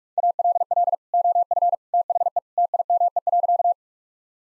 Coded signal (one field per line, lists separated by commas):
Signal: Morse code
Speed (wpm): 46 wpm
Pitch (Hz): 700 Hz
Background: none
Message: ALL OF THE TIME.